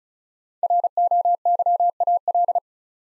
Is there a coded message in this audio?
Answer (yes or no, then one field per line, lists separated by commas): yes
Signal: Morse code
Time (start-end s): 0.6-2.6 s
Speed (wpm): 36 wpm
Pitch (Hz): 700 Hz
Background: none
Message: ROYAL